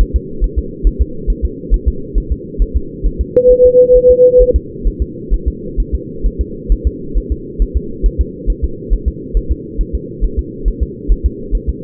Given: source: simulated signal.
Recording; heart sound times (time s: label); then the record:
fetal heart sounds
0.01 s: S1
0.16 s: S2
0.44 s: S1
0.59 s: S2
0.87 s: S1
1.01 s: S2
1.30 s: S1
1.45 s: S2
1.74 s: S1
1.88 s: S2
2.18 s: S1
2.32 s: S2
2.62 s: S1
2.77 s: S2
3.06 s: S1
3.21 s: S2
3.51 s: S1
3.66 s: S2
3.96 s: S1
4.11 s: S2
4.42 s: S1
4.56 s: S2
4.87 s: S1
5.02 s: S2
5.34 s: S1
5.48 s: S2
5.80 s: S1
5.95 s: S2
6.26 s: S1
6.41 s: S2
6.72 s: S1
6.87 s: S2
7.18 s: S1
7.32 s: S2
7.62 s: S1
7.77 s: S2
8.06 s: S1
8.21 s: S2
8.50 s: S1
8.64 s: S2
8.93 s: S1
9.08 s: S2
9.37 s: S1
9.52 s: S2
9.81 s: S1
9.95 s: S2
10.24 s: S1
10.39 s: S2
10.68 s: S1
10.83 s: S2
11.12 s: S1
11.26 s: S2
11.55 s: S1
11.69 s: S2
From the record:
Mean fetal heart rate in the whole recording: 135 bpm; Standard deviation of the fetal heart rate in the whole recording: 3 bpm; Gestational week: 36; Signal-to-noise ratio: -4.3 dB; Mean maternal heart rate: 72 bpm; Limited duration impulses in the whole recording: present